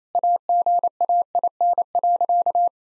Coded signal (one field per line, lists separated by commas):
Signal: Morse code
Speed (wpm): 28 wpm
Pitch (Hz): 700 Hz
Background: none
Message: AGAIN.